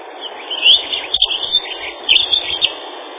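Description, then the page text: Dunnock song, brisk squeaky warbles at about 0.7 and 2.1 seconds, each trailing into smaller notes, with steady hiss behind. "Лесная завирушка — Prunella modularis"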